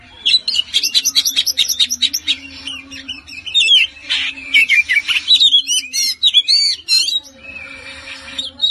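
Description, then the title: Oriental magpie-robin song opening with a rapid stuttering series of notes, then varied whistles, slurs and buzzy phrases, with a low steady hum. "Kacer"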